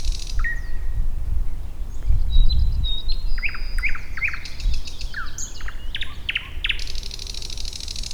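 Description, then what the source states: Thrush nightingale song: pure whistled notes, then a run of quick repeated clicking notes, more rapid chattering phrases, and a high buzzy trill at the end, over steady low rumble. Recorded at Warta, Poland, in April 2010.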